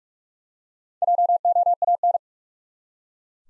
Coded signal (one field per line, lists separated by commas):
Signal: Morse code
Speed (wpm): 46 wpm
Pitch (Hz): 700 Hz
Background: none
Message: JOAN